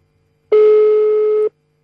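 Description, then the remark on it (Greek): A single telephone ringing tone on the line: one steady, mid-pitched electronic beep lasting about a second, loud and alone, beginning and ending abruptly with silence on either side. “Ας αφήσει την ασπίδα και τον κλόπ να έρθει να σηκώσει το τηλέφωνο.”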